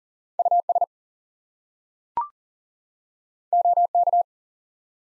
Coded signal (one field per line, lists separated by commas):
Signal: Morse code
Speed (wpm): 40 wpm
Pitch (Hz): 700 Hz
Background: none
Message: US OK